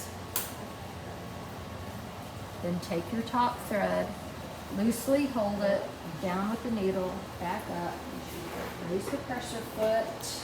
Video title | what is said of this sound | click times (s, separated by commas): Industrial Consew Sewing Machine | You're going to push it straight in until it clicks. | 0.4 s